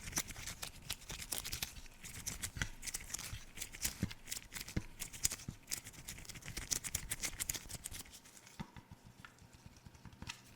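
Camera-cleaning sounds: a dense run of quick rubbing, tapping and scratchy clicks, sharp and bright, packed closely for about eight seconds. After that the activity thins to a few soft, scattered taps and faint rustles before ending.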